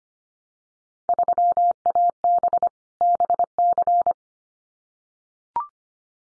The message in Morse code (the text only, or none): 3AB BC